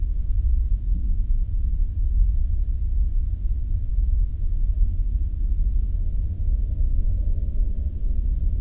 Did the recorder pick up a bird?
no